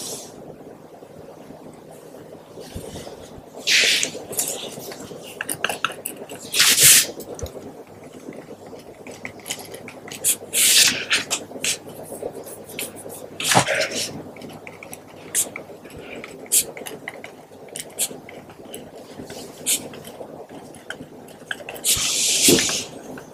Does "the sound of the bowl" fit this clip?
no